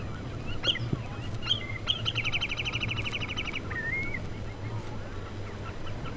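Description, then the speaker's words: Wood sandpiper song: a fast, even run of bright repeated notes lasting about a second and a half, over a steady low rumble. Singing wood sandpiper; many sandpipers look alike and are easiest told apart by voice. "Это поет кулик Фифи."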